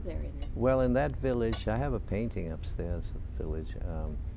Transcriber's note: none